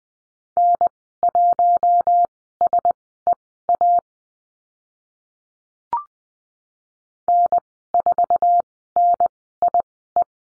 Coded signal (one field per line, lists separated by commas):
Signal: Morse code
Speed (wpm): 20 wpm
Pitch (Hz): 700 Hz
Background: none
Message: N1SEA N4NIE